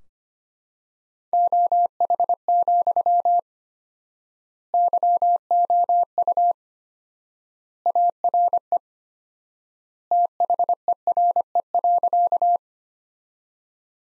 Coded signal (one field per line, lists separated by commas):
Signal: Morse code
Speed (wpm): 25 wpm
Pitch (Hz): 700 Hz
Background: none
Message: OH, YOU ARE THERE.